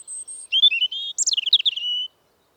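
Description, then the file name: European robin singing a short phrase: a very high thin opening note, warbling mid notes, then a tumbling trill ending in a level whistle. "Erithacus rubecula"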